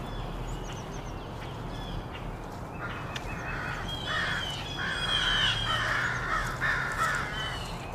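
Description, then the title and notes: Crow caws building in the second half, hoarse and repeated, partly masked by a strong low rumble of traffic. Rowdy crows cawing loudly in treetops of an urban park just after sunrise, with morning traffic audible. "Field Recording: The Wild and Raucous Sounds of Crows Cawing in the Treetops. a field recording of rowdy crows loudly cawing in the treetops amidst the sounds of other birds -- and since this was recorded in an urban park -- also you may hear the sounds of morning traffic"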